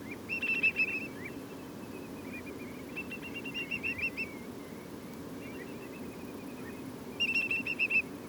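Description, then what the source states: Whimbrel calls in quick rippling series of bright whistled notes, a loud burst at the start and another near the end, with quieter whistles between. Several whimbrels, lots of piping calls, recorded at Portland.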